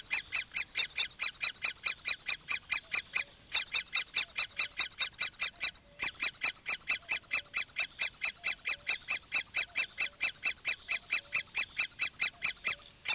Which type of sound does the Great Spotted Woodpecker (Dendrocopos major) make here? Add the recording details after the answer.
call. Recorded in the wild. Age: juvenile. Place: Glienicke/Nordbahn, Brandenburg, DE. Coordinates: 52.6369, 13.3419. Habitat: forest. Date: 1983-06-04 10:50. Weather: diesig, 18°C, leichter Wind. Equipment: Nagra SN, Kopie Uher 4000 Monitor Report. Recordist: Tembrock, Günter